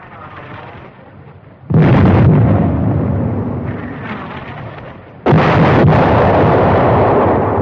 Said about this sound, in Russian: Нет, до этого момента тоже было не тихо. Чей орудие вело огонь, рявкая и посылая по цели один за другим снаряды.